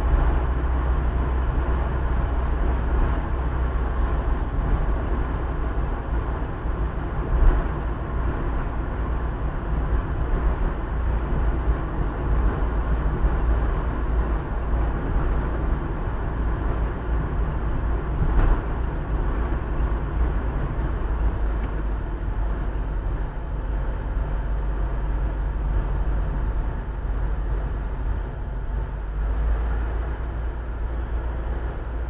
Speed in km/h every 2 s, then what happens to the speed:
49, 49, 47, 47, 47, 47, 44, 43, 42, 41, 38, 33, 25, 22, 15, 10.
0-18 steady at about 47. 18-32 slows to 10.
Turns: none.